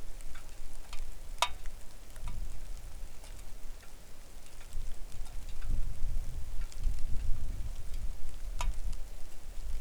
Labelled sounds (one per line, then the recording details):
rain
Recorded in the Arctic National Wildlife Refuge, Alaska, on 3 August 2019 at 09:43
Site 41